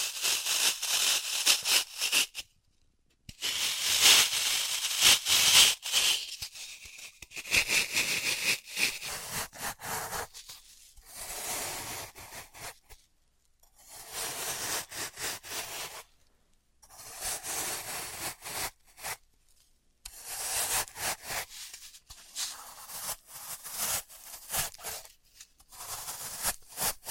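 Floral foam being worked by hand: crisp, hissing bursts of crumbling and scraping come in bouts of a few seconds, separated by short silences. The first stretches are the brightest and densest, with later passages thinner and more scratchy, like crushing and cutting.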